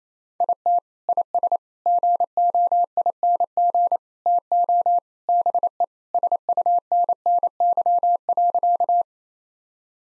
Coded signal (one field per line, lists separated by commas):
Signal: Morse code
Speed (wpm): 27 wpm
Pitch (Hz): 700 Hz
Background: none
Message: IT IS GOING TO BE SUNNY.